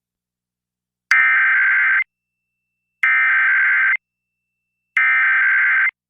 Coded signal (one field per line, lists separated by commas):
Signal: Emergency Alert System (SAME) tones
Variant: header bursts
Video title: [EAS #2483-#2489] Tests Galore! (6/20/23 - 6/21/23)